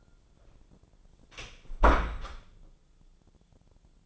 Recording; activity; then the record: daily activity, microphone in the room; close door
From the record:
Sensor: 5